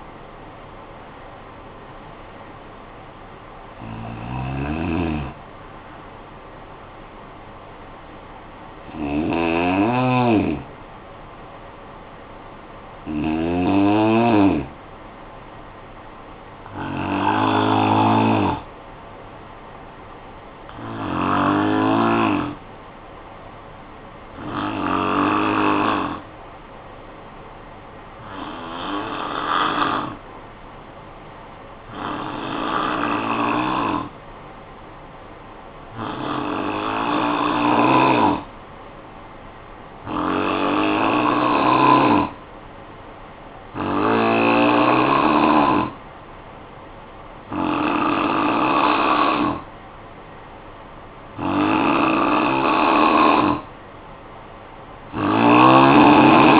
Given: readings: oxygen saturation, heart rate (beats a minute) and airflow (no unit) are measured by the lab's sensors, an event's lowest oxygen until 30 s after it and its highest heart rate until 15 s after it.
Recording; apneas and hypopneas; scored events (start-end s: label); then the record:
breathing in sleep by a voice recorder at the bedside; 1
2.00-32.00 s: new sleep stage, N2 (light sleep)
17.00-51.60 s: hypopnea (N2, oxygen 97% highest, then 85% lowest, heart rate 54 at the start, 62 highest)
32.00-56.60 s: new sleep stage, N3 (deep sleep)
From the record:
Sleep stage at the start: N3 (deep sleep); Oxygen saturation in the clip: 85 to 97%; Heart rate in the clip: 51 to 63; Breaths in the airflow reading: 14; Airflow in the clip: -11.4 to 11.9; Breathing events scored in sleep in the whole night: 445 in 7.6 hours asleep